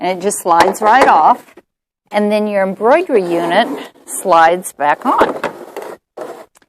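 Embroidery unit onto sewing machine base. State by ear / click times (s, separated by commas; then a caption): seated / 6.6 s. Someone talks while the accessory box is slid off a Pfaff Creative Sensation sewing machine and the embroidery unit is slid back onto the machine bed. A short, sharp click at 6.6 s marks the embroidery unit locking into place on the sewing machine base.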